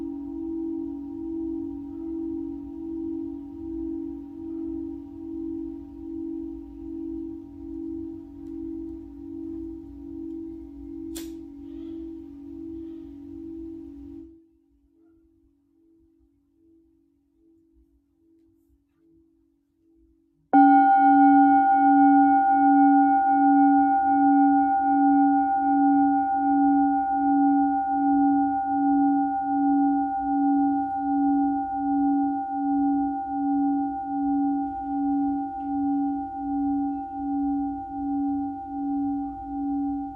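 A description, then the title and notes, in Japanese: Singing bowl tones ring steadily with a slow pulsing wobble, fade to near silence around fourteen seconds, then a brighter bowl strikes at twenty. メキシコから シンギングボウルのサウンドヒーリング ライブ。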